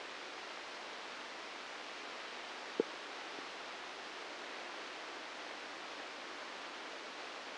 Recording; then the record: brain microelectrode recording played as sound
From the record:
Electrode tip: outside the subthalamic nucleus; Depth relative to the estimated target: 1 mm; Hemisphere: right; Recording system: NeuroSet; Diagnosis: Parkinson's disease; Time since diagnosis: 9 years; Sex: female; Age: 51 years